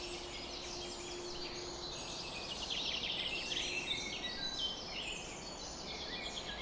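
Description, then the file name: Birds in a dawn chorus, high rapid chirps and a brief twittering run, with a low steady hum for the first few seconds and background hiss. Summer morning bird chorus at 4:40 am. "summer morning bird chorus-4 40 am in cobs"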